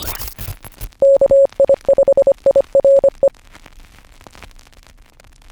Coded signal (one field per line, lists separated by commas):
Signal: Morse code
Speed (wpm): 25 wpm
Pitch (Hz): 550 Hz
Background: none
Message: KI5IRE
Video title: Is This the Best Radio of 2025? Yaesu FTX-1 Series! Hamvention 2025